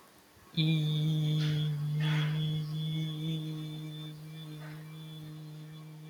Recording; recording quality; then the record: sustained vowel as in beet; excellent, no background noise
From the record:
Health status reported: healthy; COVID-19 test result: not tested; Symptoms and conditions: none ticked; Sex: male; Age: 22 years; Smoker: not ticked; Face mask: not worn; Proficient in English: yes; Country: India